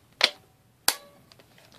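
A magazine loaded with First Strike rounds is pushed into the magwell of a RAP4 468 DMR paintball marker, as part of a fix for a feed issue. A sharp impact at 0.2 s is followed by a loud, crisp click at 0.9 s as the magazine locks in, then a few faint ticks. The magazine is confirmed seated.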